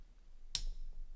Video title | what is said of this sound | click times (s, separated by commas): BusKill: Unboxing et Tutoriel en Français 🇫🇷 Le câble ultime pour sécuriser votre ordinateur ! | Voilà, on a entendu le clac, il est connecté. | 0.5 s